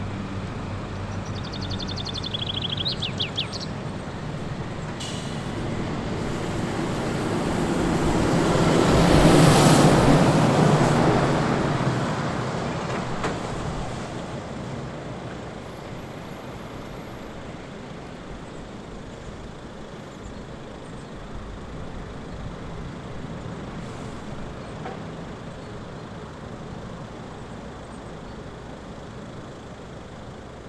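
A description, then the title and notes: Steady traffic roar at a motorway service area, a dense low rumble of passing vehicles. Around ten seconds a vehicle swells loudly and passes, then the noise settles back to a constant wash with faint high whines early on. (De Veluwe, May 21st 2014). Recording made while having a short break at the ‘Motorway Service Area Lucasgat’ on the A1 highway from Amersfoort to Apeldoorn. I placed my Zoom recorder for short time on the roof of my car.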